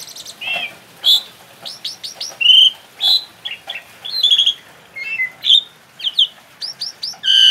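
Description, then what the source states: Asian pied starling song mixing whistled slurs, squeaky chirps and rasping buzzes in short varied bursts. Indonesian name Jalak Suren; labelled Suren Teler.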